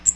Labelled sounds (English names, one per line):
Cape May Warbler flight call